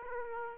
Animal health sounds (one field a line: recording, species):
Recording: mosquito wingbeat signal from an infrared sensor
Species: Aedes aegypti